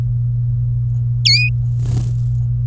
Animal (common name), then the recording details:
Domestic Canary. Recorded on 23 April 2018 at 17:18. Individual llb3